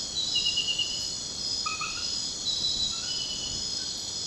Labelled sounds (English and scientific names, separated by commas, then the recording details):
none
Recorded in secondary vegetation near Puerto Asís, Putumayo, Colombia, on 13 March 2025 at 01:00
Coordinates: 0.498, -76.327
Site G001